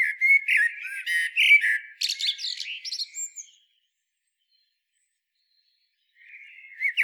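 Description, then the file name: Common blackbird: a run of fluted whistles breaks into scratchy high twitters, then silence before the next phrase begins. "Turdus merula"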